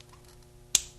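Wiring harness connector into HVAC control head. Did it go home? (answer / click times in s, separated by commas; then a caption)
yes / 0.7 s. A second wiring harness connector is pushed into the HVAC control head of a Ford Explorer / Mercury Mountaineer, the automatic climate control unit. After a quiet stretch, a single sharp click sounds at 0.8 s. The connector is seated, leaving both connectors plugged in.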